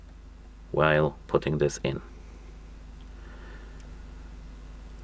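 A SIM card is being handled and lined up with the cut-out corner of its plastic tray for a HONOR Magic8 Lite phone. Someone talks briefly from about 0.8 to 2.0 seconds, followed by quiet, steady background hiss. Nothing has seated or clicked yet.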